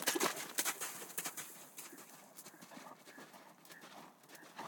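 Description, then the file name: Horse galloping, hooves thudding in quick uneven beats, loudest at the start and fading, with soft scuffing of sand. Horses galloping outside in sand. "G 4 F SFX - HORSES - Galloping outside in sand"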